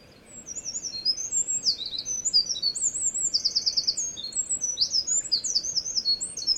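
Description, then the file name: Eurasian wren song: a rapid, loud stream of high trills and sharp notes running without pause for about six seconds, including a fast rattling trill midway. "misosazai"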